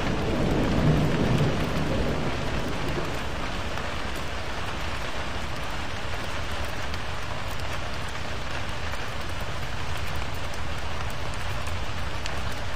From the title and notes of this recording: Thunderstorm and Rain Sounds for Sleeping | White Noise Thunder with Rainstorm.